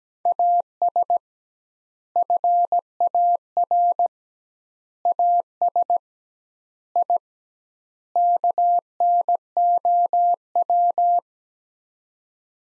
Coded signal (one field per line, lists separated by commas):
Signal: Morse code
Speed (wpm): 17 wpm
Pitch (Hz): 700 Hz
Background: none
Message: AS FAR AS I KNOW